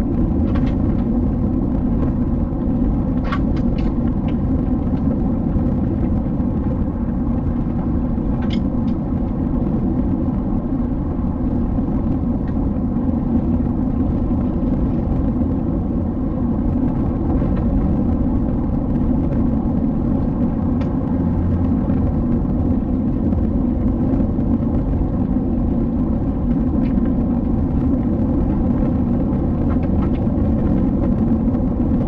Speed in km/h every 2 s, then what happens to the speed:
82, 84, 84, 86, 87, 88, 88, 88, 87, 87, 86, 86, 87, 87, 87, 86.
0-10 speeds up to 88. 10-32 steady at about 87.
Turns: none.